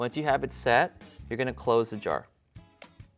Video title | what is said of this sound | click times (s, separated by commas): Canon 60D Full Camera Review - Canon 60D Photography Sample Shots | you should hear a little click and that means the lens has been changed | 2.8 s